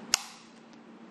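An airsoft G28 replica pistol is pushed into a right-handed IMI M100 rotating polymer duty holster with an index-finger retention release latch. A single sharp click sounds at 0.1 s, followed by a faint tick at about 0.7 s. The pistol locks into the holster's retention.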